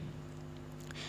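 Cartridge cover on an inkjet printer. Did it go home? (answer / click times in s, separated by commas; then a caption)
yes / 0.9 s. The upper cartridge cover of a Canon G2010 inkjet printer, fitted with two ink cartridges and with its ink filled, is lifted slightly and then pressed down so it locks. A steady low hum runs throughout, and a single sharp click at 0.9 s marks the cover locking shut.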